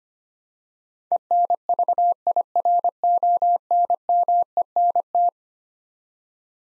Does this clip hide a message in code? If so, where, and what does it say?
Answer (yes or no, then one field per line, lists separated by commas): yes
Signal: Morse code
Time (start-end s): 1.1-5.3 s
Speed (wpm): 25 wpm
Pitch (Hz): 700 Hz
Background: none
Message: ENVIRONMENT